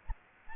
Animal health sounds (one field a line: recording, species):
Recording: mosquito wingbeat signal from an infrared sensor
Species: Aedes aegypti